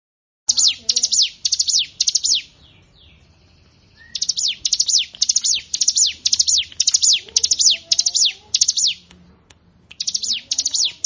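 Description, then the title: Plain prinia song: long runs of shrill, rapidly repeated falling chirps in tight clusters, stopping briefly, then resuming. "Ciblek Sawah"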